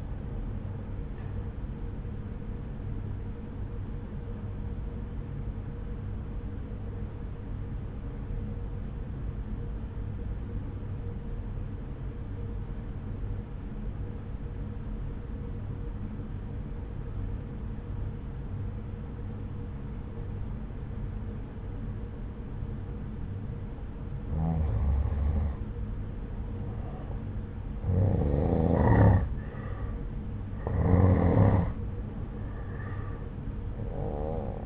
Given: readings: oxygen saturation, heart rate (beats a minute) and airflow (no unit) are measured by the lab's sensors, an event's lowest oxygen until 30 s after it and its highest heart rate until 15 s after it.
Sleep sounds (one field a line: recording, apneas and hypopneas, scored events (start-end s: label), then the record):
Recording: breathing in sleep by a smartphone at the bedside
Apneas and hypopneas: 1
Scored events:
11.00-25.30 s: obstructive apnea (N1, oxygen 94% highest, then 87% lowest)
From the record:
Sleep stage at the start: N1 (lightest sleep)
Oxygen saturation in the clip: 85 to 94%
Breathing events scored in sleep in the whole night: 303 in 8.1 hours asleep